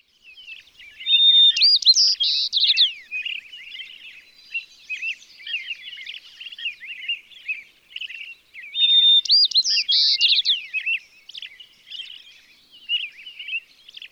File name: White-crowned Sparrow